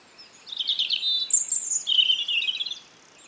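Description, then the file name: European robin song: one short high phrase of warbled, slurred notes and a thin drawn-out whistle over a soft background hiss. "Erithacus rubecula"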